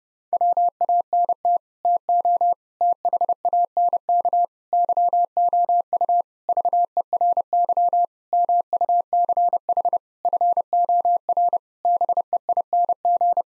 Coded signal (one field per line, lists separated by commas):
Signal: Morse code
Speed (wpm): 30 wpm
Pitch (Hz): 700 Hz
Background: none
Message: WANT TO THANK YOU VERY MUCH FOR BEING